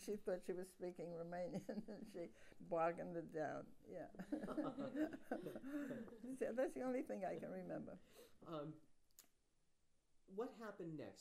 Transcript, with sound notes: She thought she was speaking Romanian and she bargained them down. [chuckles] [laughter] So that's the only thing I can remember.
What happened next?